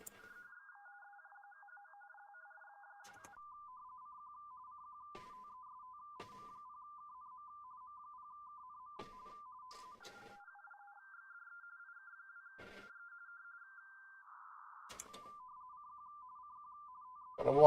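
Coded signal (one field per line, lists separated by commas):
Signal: RTTY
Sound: rapid warbling between two close tones, in bursts with short pauses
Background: brief voice at end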